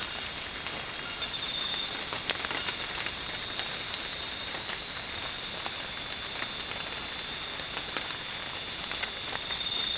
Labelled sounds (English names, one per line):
none